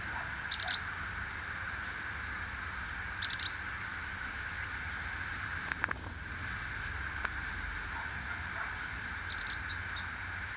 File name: Purple rumped sunbird